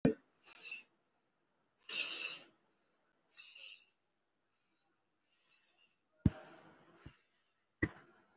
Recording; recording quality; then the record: shallow breathing; excellent, no background noise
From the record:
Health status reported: respiratory illness, not identified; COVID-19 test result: not tested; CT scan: not taken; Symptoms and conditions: cough, cold, breathing difficulty, asthma, chronic lung disease, hypertension, diabetes, ischaemic heart disease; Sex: male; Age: 54 years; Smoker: yes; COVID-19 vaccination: one dose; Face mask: worn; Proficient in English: no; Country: India